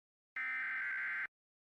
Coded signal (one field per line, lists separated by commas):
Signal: Emergency Alert System (SAME) tones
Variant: header bursts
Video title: EAS Mock - The Roach Invasion (Part 3)